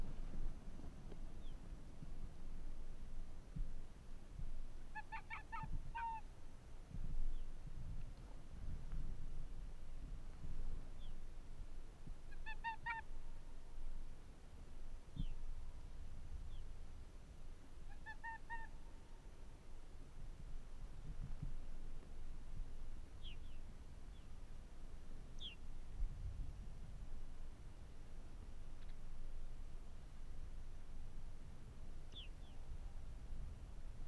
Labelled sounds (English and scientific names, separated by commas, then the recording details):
Arctic Fox (Vulpes lagopus)
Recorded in the wild
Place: Insel Mednyi, Kommandeur-Inseln, RU
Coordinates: 54.5167, 168.083
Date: 1999-08-03
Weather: 8°C, leichter Nebel, schwacher Wind
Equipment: Sony WM-D6C, Sennheiser ME 80, K 30 AV, Windkorb, Kopie Tascam DA 30
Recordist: Jakupi, Antje
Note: Südosten der Insel, Haupttal, weisse Stange: Bellstrophen vom "Fichtelberg" her. Tier wegen Nebel nicht gesehen